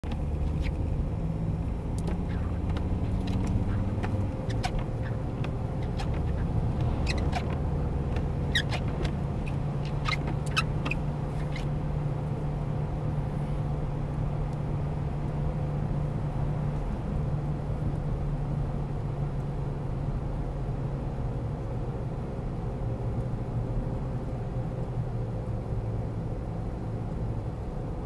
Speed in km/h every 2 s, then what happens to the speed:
60, 68, 73, 78, 81, 82, 81, 82, 82, 80, 79, 76, 74, 71.
0-9 speeds up to 82. 9-17 steady at about 82. 17-28 slows to 71.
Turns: none.